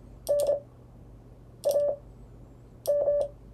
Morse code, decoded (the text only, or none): NAM